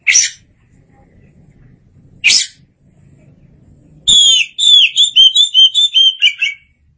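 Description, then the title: Oriental magpie-robin song: two harsh rasping bursts, then a fast run of clear whistled, warbling notes that drop slightly in pitch toward the end. "Suara Kicauan Burung Kacer Durasi Panjang"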